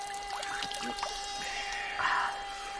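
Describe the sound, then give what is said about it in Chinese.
Cool river water splashes and trickles in a few uneven bursts, with a louder gurgling pour near the end, as if scooped up by hand to drink. No one speaks. “嘿，你看看，你看看这河水啊，多清凉！来，先喝点水，润润嗓子。”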